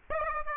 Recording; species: mosquito wingbeat signal from an infrared sensor; Aedes aegypti